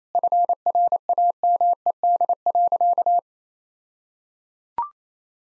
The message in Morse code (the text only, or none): FRAMED.